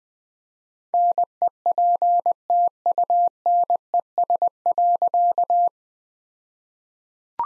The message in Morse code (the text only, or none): NEPTUNES.